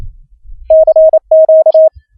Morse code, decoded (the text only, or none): CQ